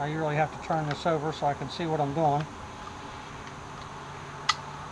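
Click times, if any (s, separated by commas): 4.5 s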